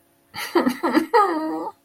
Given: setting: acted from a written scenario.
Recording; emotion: vocal sound without words; distress